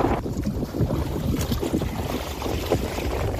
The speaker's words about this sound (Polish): Wiatr się zmógł.